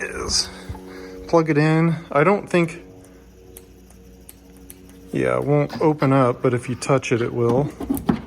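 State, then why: Not seated. A 40 amp Level 2 home charger's EV charging plug is handled at a car's charge port, which won't open on its own but opens when touched. Someone talks, and during a pause several faint, sharp ticks and taps are heard between about 3.0 and 4.9 seconds. Nothing has seated or clicked home yet.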